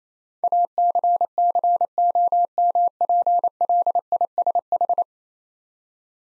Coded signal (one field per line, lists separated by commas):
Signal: Morse code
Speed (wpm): 27 wpm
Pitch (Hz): 700 Hz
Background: none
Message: ACCOMPLISH